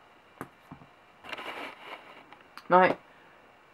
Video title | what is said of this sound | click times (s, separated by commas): Ka-Bar JAB BeaconMaker Folder Review | And as it rolls, it just clicks into place, and that's it locked. | 0.4 s